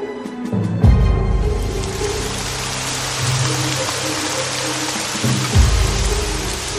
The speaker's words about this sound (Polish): W poniedziałek padał deszcz.